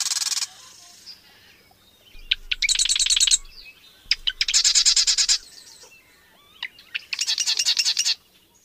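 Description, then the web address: Marsh wren song: rapid, rattling buzzy trills in bursts of about a second, each introduced by a few clicks, repeated several times. Western USA. "Songs of Birds of North America Western USA Songbirds. Marsh Wren"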